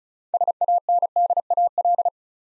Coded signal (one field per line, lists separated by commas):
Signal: Morse code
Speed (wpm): 36 wpm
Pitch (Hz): 700 Hz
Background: none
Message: SANDAL